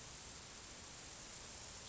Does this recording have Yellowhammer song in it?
no